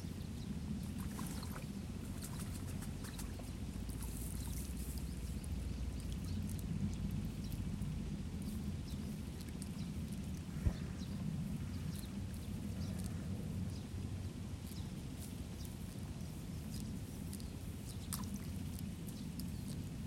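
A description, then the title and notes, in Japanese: Water sloshes steadily in a rice paddy under a deep, constant rumble, with scattered sparrow chirps and small splashes throughout, one sharp knock midway. 水苗代でイネの苗取り。昔ながらの方法で、田んぼに直接籾種をまいて育てる「水苗代」から、育った苗を１本１本抜いてワラでまとめて束にしていきます。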